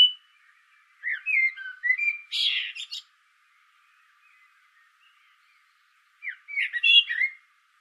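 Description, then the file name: Common blackbird song with two separate phrases of flute-like warbling, each finishing in a buzzy, high-pitched chatter. "Turdus merula"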